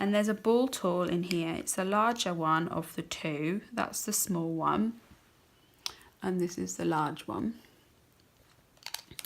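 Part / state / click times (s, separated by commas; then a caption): ball tool tip into multi-tool handle / seated / 9.2 s. Someone talks while the larger ball-tool tip is slipped into the handle of a Take Your Pick multi-tip craft tool, followed by a sharp tap near 5.9 s and a cluster of small clicks at the end. The tip locks into place with a small click at 9.2 s.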